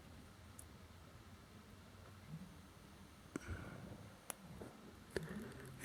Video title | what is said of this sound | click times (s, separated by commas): RecDeck Guide Plus rambling | can hear it snapping in and kind of push the back | 0.6 s, 3.4 s, 4.3 s, 5.2 s